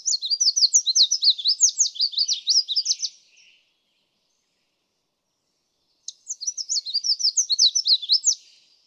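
Red-faced Warbler: two songs of quick, high, sweet slurred notes, the first about three seconds long, separated by roughly three seconds of silence; the second is cut off.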